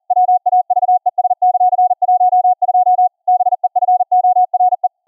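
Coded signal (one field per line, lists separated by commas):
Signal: Morse code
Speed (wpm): 41 wpm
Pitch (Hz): 730 Hz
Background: none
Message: WAVES;12 BEFORE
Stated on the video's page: Software-generated CW copy-by-ear practice at 40 wpm, about 20.2 kHz VLF, through a class D amp into a ferrite rod transmit antenna, received on another ferrite antenna.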